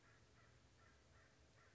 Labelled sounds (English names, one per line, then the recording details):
American Crow
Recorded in Sonoma County, California